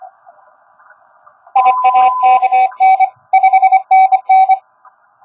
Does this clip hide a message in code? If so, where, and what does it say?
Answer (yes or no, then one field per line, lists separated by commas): yes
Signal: Morse code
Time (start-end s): 1.6-4.5 s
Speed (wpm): 24 wpm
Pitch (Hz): 760 Hz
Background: none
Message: IAKN 5NN